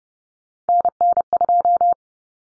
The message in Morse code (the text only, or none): NN2